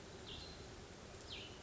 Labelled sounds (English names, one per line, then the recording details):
Cassin's Vireo
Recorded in Sonoma County, California